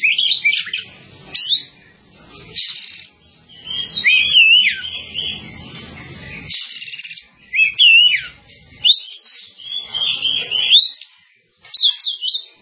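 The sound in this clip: Bird song: bright chirps and whistled slurs in repeated bursts separated by short silences.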